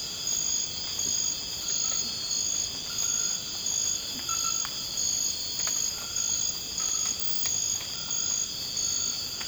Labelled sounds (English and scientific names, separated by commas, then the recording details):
none
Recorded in dense forest near Puerto Asís, Putumayo, Colombia, on 24 March 2025 at 01:00
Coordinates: 0.481, -76.323
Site G088